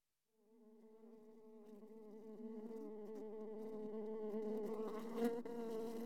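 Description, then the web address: Wasp buzzing, a steady low droning hum that fades in at the start and grows louder over six seconds. "osa odglosy"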